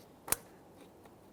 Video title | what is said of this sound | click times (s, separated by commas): How to Replace Headlights 2008-2017 Mitsubishi Lancer | Nice audible click there. | 0.3 s